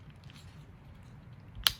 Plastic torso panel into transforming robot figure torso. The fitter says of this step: yeah so here click sound is packed tightly and then the uh the torso will be very tight as well